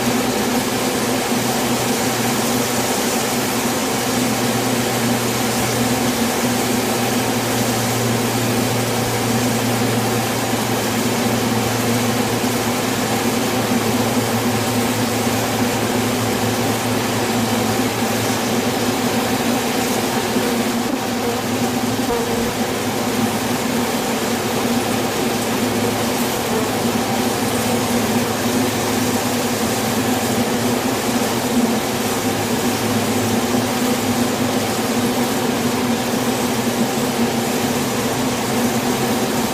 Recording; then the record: honeybee colony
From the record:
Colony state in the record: swarm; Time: day